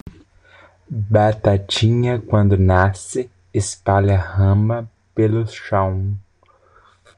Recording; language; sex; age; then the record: short text; Brazilian Portuguese; male; 20 to 29 years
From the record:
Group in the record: control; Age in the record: 23 years